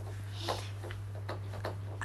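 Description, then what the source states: Dog chewing a bone: several short crunching, gnawing bursts over a steady low hum and faint room noise. Guide dog or retired guide dog contentedly chewing a bone indoors on a warm night, Tuesday 13 August; two dogs present.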